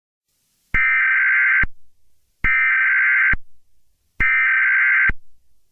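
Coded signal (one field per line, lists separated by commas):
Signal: Emergency Alert System (SAME) tones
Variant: header bursts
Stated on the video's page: Fictional EAS scenario.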